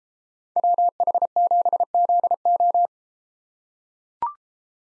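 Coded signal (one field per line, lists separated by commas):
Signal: Morse code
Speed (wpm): 32 wpm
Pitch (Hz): 700 Hz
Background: none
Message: WH7ZO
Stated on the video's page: Morse practice of USA 2x2 call signs in speed-racing format, starting at 1.5 times base speed, slowing to 22 wpm; final repeat sent once at maximum speed.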